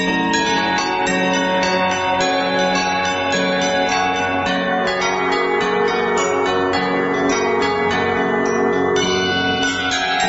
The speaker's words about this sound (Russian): часы пробили 12 раз, и в следующий момент все в округе залилось колокольным звоном.